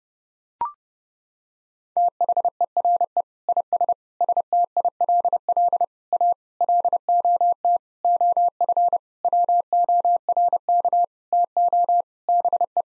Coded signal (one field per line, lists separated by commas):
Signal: Morse code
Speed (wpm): 30 wpm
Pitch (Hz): 700 Hz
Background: none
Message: THERE IS STILL A LOT OF WORK TO BE